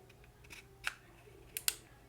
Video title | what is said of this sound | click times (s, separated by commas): How To Attach Wrist Straps To Nintendo Switch JoyCons (Controllers) | you'll hear it click in place and then you can now go to the locker and lock it | 1.6 s, 1.7 s